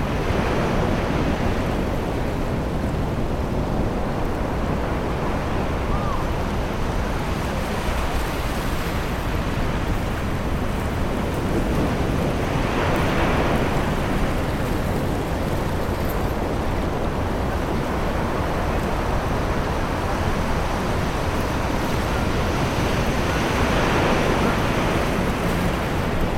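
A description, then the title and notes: A beach on a summer's day, filled with a steady, dense rush of surf and wind that stays at an even loudness throughout. Low rumble dominates, and brighter swells of breaking waves rise around 9, 13 and 24 seconds. Summer Serenity on the English Beach. A Secret English beach on a summer's day.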